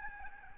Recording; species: mosquito wingbeat signal from an infrared sensor; Aedes albopictus